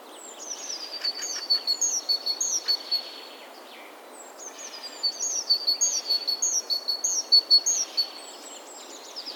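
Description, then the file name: Great tit giving two bursts of sharp, high chips mixed with falling whistled sweeps, separated by a short quiet gap. "Parus major"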